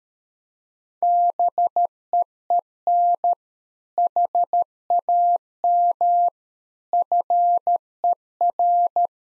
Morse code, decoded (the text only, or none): BEEN HAM FER